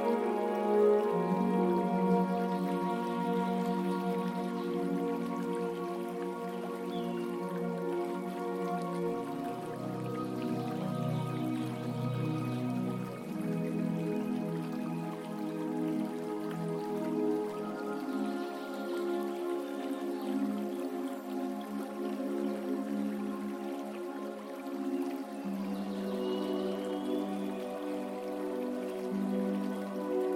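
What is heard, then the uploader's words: Slow, relaxing violin music plays long held notes that change only gradually, with a lower passage around 9 to 14 seconds and a shift near 25 seconds. A soft, steady hiss of flowing river water runs quietly underneath at an even level throughout. Relaxing violin music with sounds of a river. Relaxing violin music with river sound.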